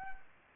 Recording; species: mosquito wingbeat signal from an infrared sensor; Anopheles gambiae